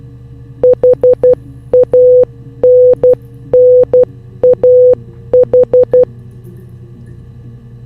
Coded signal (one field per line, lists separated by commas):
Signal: Morse code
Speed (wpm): 12 wpm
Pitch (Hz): 500 Hz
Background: none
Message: HANNAH